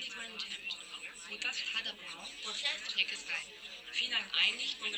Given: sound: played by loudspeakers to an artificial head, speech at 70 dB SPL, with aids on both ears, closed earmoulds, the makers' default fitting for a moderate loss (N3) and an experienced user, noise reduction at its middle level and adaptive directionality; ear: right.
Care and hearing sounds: speech test signal (ISTS) in cocktail-party noise; -3 dB; on the right (90 degrees)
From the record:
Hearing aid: class 1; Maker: I

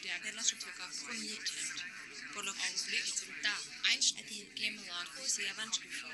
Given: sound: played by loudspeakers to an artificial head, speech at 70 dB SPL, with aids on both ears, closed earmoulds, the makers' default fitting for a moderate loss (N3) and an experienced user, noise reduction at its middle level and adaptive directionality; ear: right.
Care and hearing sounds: speech test signal (ISTS) in cocktail-party noise; -3 dB; in front (0 degrees)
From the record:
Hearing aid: class 1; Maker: J

